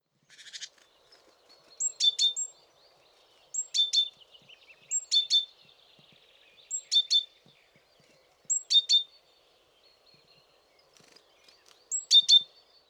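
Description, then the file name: Great tit: short bursts of sharp, high ringing notes, given in clusters every few seconds against a quiet background. "Parus major"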